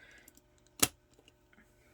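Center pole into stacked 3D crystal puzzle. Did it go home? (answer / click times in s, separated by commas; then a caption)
yes / 0.8 s. A plastic center pole is pushed through the stacked pieces of a 3D Tinkerbell crystal puzzle, with faint small ticks before and after. A sharp, bright click at 0.8 s marks the pole seating home.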